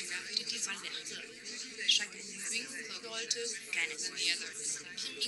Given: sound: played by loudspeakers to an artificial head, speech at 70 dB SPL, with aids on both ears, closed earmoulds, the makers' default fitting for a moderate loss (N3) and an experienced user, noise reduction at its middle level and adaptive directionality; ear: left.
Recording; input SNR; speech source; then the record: speech test signal (ISTS) in cocktail-party noise; -6 dB; in front (0 degrees)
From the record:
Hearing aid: class 1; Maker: H